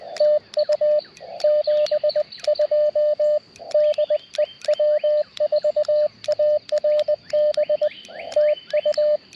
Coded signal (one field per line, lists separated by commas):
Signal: Morse code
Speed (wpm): 20 wpm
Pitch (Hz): 590 Hz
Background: radio noise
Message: TU 72 DE W4ARB TU